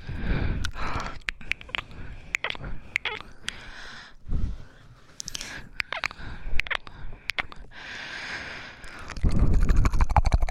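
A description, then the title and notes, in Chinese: Wet ear-licking and kissing sounds with breathy panting, irregular clicks and smacks throughout, with a louder, rustling breath toward the end. 舔耳和喘气加亲亲。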